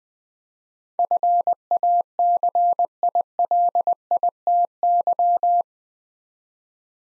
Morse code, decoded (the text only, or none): FACILITY